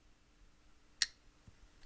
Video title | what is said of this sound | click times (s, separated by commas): Hinderer XM-18 Replica: Experiencing an Icon Without Breaking the Bank | So it clicks in nicely. | 1.0 s